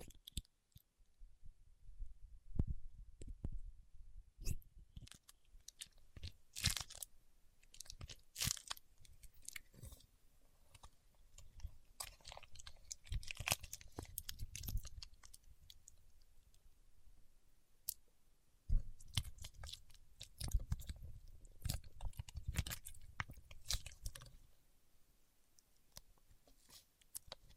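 Paraffin wax peeled, tapped and scratched in uneven bursts of crackly clicks and crunches, with low thumps and brief pauses throughout.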